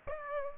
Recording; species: mosquito wingbeat signal from an infrared sensor; Aedes aegypti